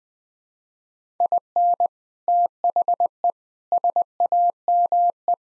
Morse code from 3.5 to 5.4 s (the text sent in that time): SAME